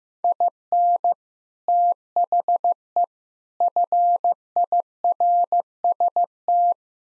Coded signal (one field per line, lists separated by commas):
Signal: Morse code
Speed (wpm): 15 wpm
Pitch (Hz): 700 Hz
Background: none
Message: IN THE FIRST